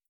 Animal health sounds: hydrophone in a shrimp aquaculture tank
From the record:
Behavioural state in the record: starved

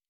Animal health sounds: hydrophone in a shrimp aquaculture tank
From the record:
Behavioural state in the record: normal

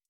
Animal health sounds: hydrophone in a shrimp aquaculture tank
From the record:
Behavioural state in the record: feeding

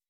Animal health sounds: hydrophone in a shrimp aquaculture tank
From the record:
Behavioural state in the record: weakened

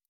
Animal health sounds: hydrophone in a shrimp aquaculture tank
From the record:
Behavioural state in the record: normal

